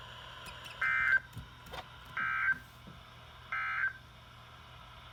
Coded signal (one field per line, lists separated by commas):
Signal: Emergency Alert System (SAME) tones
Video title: My 100th EAS!! EAS# 99-101 6/24/20